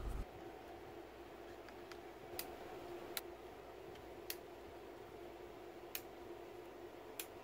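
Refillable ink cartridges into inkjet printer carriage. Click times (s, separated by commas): 1.9 s, 2.4 s, 3.2 s, 4.3 s, 5.9 s, 7.2 s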